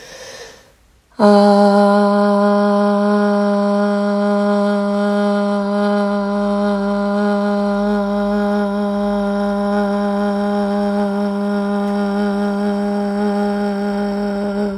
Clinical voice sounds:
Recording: sustained vowel /a/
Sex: female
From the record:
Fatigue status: no fatigue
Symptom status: symptomatic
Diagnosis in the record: COVID-19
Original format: m4a

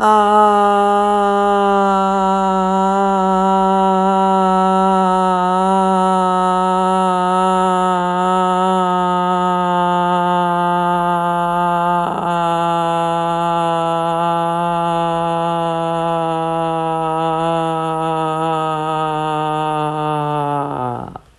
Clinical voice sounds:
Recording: sustained vowel /a/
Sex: female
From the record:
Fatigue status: no fatigue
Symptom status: symptomatic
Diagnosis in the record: COVID-19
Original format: m4a

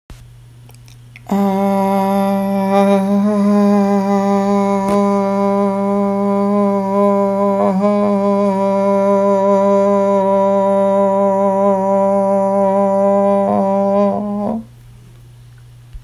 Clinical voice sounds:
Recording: sustained vowel /a/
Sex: female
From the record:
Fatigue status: no fatigue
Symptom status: asymptomatic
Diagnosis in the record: COVID-19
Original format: m4a

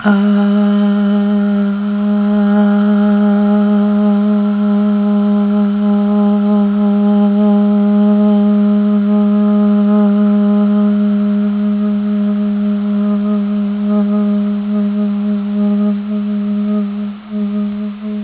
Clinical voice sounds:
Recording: sustained vowel /a/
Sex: female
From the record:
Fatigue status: fatigue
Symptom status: symptomatic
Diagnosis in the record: COVID-19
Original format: 3gp

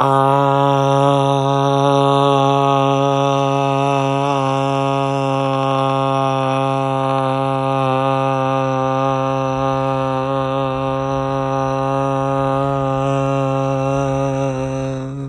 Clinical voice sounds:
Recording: sustained vowel /a/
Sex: male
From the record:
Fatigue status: no fatigue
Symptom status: asymptomatic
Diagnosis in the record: COVID-19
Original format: m4a

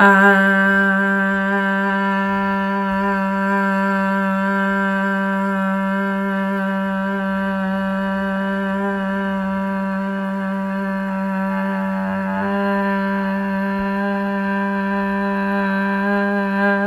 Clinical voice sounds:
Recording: sustained vowel /a/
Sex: female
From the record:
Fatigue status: no fatigue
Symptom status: asymptomatic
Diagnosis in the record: COVID-19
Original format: m4a

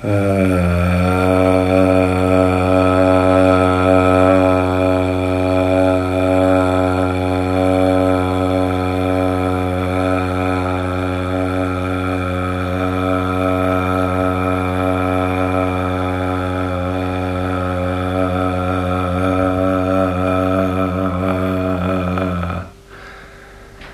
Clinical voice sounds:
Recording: sustained vowel /a/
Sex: male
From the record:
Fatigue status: no fatigue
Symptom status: symptomatic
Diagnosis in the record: COVID-19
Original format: m4a

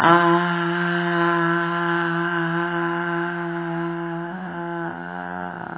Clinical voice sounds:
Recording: sustained vowel /a/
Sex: female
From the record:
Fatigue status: no fatigue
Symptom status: symptomatic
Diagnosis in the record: COVID-19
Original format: 3gp

